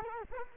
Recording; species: mosquito wingbeat signal from an infrared sensor; Culex quinquefasciatus